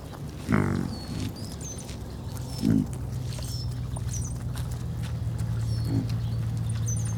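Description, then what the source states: Piglets giving short throaty grunts, three separate bursts a couple of seconds apart, over a continuous low hum with bird twitters. Piglets hanging out together.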